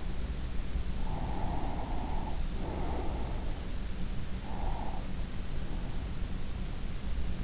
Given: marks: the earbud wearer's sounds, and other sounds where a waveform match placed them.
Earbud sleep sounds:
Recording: sounds in sleep by an in-ear microphone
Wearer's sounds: breath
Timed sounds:
0.97-3.54 s: breath
4.44-6.07 s: breath

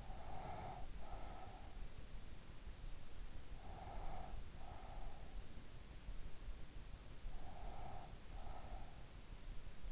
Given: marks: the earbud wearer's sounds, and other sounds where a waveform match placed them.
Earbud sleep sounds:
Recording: sounds in sleep by an in-ear microphone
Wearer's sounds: breath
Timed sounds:
0.00-1.73 s: breath
3.40-5.30 s: breath
7.37-9.50 s: breath

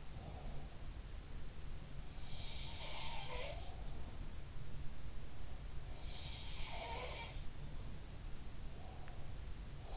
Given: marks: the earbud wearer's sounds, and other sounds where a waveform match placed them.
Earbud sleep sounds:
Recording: sounds in sleep by an in-ear microphone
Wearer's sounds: breath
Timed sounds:
0.00-0.93 s: breath
1.83-3.90 s: sound from someone else or the room
6.16-8.04 s: sound from someone else or the room
8.65-9.32 s: breath

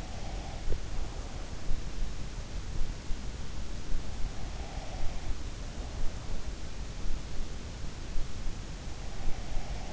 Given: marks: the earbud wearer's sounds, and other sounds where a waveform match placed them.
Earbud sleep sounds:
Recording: sounds in sleep by an in-ear microphone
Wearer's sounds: breath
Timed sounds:
0.00-0.81 s: breath

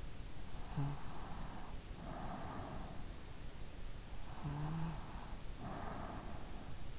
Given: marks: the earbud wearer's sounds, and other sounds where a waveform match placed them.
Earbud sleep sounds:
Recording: sounds in sleep by an in-ear microphone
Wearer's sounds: snoring breath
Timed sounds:
0.57-3.07 s: snoring breath
4.31-6.99 s: snoring breath

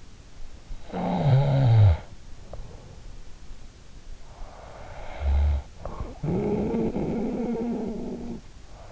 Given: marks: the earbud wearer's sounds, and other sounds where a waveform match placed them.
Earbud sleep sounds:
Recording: sounds in sleep by an in-ear microphone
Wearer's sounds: snoring breath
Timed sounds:
0.00-3.31 s: snoring breath
4.51-8.74 s: snoring breath

